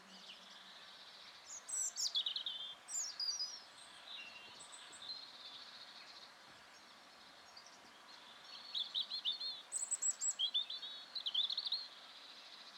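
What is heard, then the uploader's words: Birdsong in spring woods, with bright chirping phrases arriving in two clear bursts, one around two seconds and another from about eight to twelve seconds. Between them, quieter calls carry over a soft, steady outdoor hush with nothing low or loud underneath. Spring. A little vision quest into the woods where you meet a robin, lie against an oak tree and breathe in some delicious crisp air. Pure, inviting nature sounds.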